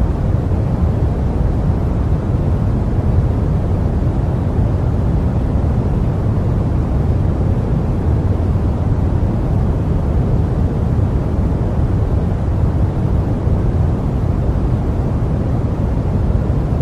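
Steady airplane cabin noise, a deep, even rumble that holds constant throughout with no distinct dings, softer toward the top and heaviest low down.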